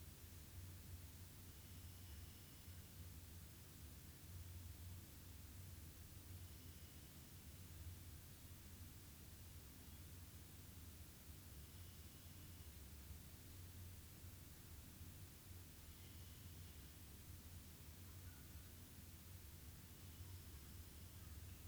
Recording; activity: daily activity, guitar pickup as the sensor; sit